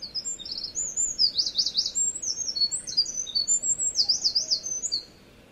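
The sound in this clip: Wren song, an energetic torrent of high trills and ringing notes running about five seconds, broken by fast zigzag rattles, then ending abruptly.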